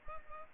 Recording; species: mosquito wingbeat signal from an infrared sensor; Culex pipiens